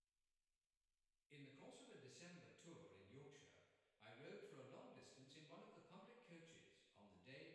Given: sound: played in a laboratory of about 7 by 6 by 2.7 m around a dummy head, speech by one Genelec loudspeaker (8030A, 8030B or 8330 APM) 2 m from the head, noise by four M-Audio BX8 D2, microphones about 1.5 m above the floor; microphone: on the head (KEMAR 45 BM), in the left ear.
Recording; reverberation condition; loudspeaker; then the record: male speech in English; high; 30 degrees to the right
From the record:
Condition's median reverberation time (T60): about 1300 ms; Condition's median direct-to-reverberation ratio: about -4.0 dB